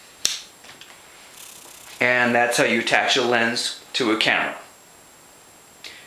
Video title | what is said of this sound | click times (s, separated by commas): how to attach a lens to a camera | you'll kind of feel it snug and then twist clockwise you hear it click | 0.2 s